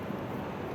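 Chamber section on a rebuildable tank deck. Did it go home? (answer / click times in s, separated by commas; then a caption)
no / none. The metal chamber of an Augvape Merlin Nano MTL rebuildable tank is being aligned with its notch and pressed or turned onto the tank deck. Only a steady, low, rumbling background noise is heard, with no distinct click or hit. The chamber has not seated or locked onto the deck yet.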